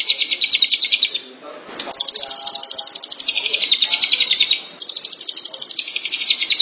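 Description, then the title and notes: Long-tailed shrike song: rapid high chirp trills, a brief pause, then two more long trills. "Suara burung pentet"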